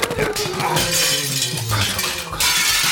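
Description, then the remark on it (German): Glass shatters loudly as an object crashes through a window, followed by a bright spray of tinkling shards and clattering debris that keeps ringing for a couple of seconds. “Jetzt habe ich ja gar nichts mehr übrig, das ich aus dem Fenster schmeißen könnte.”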